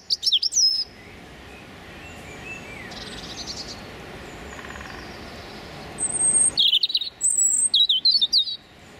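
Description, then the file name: European robin song: a brief high warbled phrase, a pause with faint background birds, then a longer run of high, squeaky, twittering notes. Male singing territorial song. "European Robin Erithacus rubecula male singing his territorial song"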